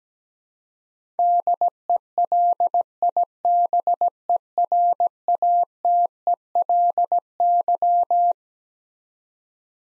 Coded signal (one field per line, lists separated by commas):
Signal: Morse code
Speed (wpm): 17 wpm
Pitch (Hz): 700 Hz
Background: none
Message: DELIBERATELY